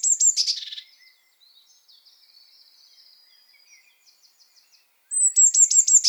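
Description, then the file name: Eurasian blue tit: small bird calls: a loud churring burst of rapid high notes, quieter chatter, then another fast burst at the end. "Cyanistes caeruleus"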